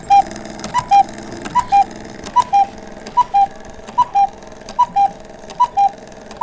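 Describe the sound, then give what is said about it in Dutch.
A battery-powered cuckoo clock calls over and over, its two-note whistled cuckoo repeating about eight times in a steady rhythm, with sharp mechanical clicks and ticking between the calls. It was set off when two people, each with a hand on one of two metal plates, touched each other. No one speaks. “En toen ging de koekoek.”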